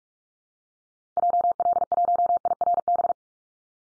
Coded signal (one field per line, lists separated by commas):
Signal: Morse code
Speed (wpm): 44 wpm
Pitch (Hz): 700 Hz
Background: none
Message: JL1IRB